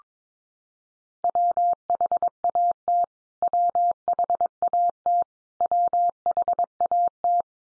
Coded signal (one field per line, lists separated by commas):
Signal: Morse code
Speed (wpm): 22 wpm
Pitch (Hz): 700 Hz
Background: none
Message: WHAT WHAT WHAT